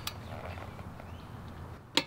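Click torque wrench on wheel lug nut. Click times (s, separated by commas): 2.0 s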